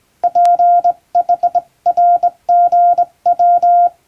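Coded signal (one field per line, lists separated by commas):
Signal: Morse code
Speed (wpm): 20 wpm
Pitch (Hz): 700 Hz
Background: none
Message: PHRGW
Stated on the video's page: English Morse test practice sent on a straight key by a first-class radiotelegraph operator in Japan.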